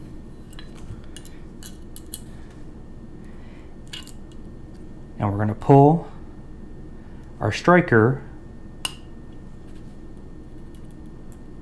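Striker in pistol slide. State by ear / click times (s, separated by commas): released / 8.8 s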